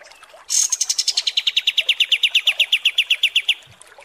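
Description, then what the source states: Kapas tembak song: a fast, even trill of sharp high notes running for about three seconds, then stopping. Masteran training recording of kapas tembak song.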